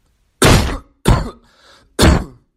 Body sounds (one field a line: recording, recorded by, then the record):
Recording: voluntary cough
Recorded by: messaging app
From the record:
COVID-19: negative